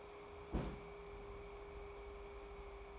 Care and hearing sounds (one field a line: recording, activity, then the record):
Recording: daily activity, microphone in the room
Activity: place on stove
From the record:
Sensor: 1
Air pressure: 1010.3 hPa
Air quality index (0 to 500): 170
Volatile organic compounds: 12 ppm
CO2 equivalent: 2348 ppm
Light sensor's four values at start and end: 55/142/59/74 and 55/142/59/74